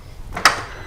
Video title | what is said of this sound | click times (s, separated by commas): Ciro3D Machete Stretched Saddlebag Lights Install | Listen for the click, pull on it, | 0.4 s